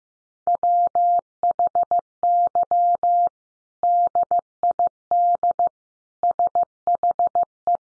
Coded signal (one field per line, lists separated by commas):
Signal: Morse code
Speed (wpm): 15 wpm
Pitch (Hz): 700 Hz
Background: none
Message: WHY DID SHE